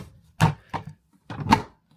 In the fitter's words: locks in place love it so